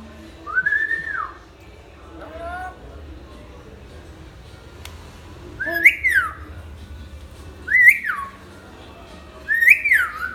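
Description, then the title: Hill myna giving an arched whistle, softer lower notes, then three loud, rising-and-falling whistles spaced about two seconds apart. Hill myna (beo) described as gacor, recorded as a tutor (masteran) recording for training other birds. "Suara Burung Beo Gacor Cocok Untuk Masteran"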